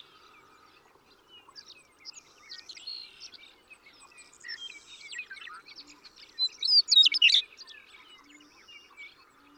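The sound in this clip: Western meadowlark giving one loud liquid, warbling phrase amid a constant background of faint twittering.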